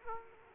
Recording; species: mosquito wingbeat signal from an infrared sensor; Aedes aegypti